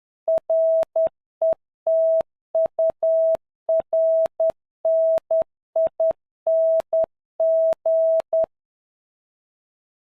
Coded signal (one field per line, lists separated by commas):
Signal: Morse code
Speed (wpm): 9 wpm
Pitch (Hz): 650 Hz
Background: none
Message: RETURNING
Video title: 모스부호 훈련기│Tactical PDCA│Airsoft│에어소프트│택티컬 피디씨에이